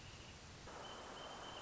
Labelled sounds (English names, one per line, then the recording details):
Wrentit
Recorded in Sonoma County, California